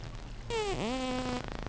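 Whale call: a single harmonic-rich tone lasting under a second that falls, dips sharply, then rises and levels off.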